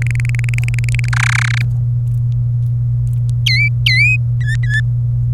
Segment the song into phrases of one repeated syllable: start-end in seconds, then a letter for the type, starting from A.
0.02-1.09 A, 1.13-1.63 B, 3.46-4.16 C, 4.41-4.81 D